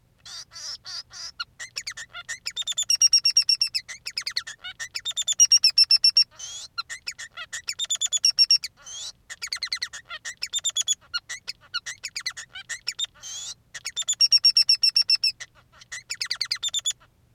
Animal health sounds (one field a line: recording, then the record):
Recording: song of a male Bengalese finch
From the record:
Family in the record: son of father 3